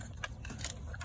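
Plastic wiring-harness connectors for the upfitter switch overhead console on a 2020+ Ford Super Duty are being aligned and squeezed together by hand, bringing the upfitter switch wire assembly connector to the truck's overhead harness connector. Brief rustling and scraping bursts sit over a steady low rumble, with a sharper burst at about 0.7 s. Nothing has seated or clicked yet.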